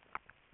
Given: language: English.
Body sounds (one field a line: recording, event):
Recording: throat vibration sensor signal played as sound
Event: swallow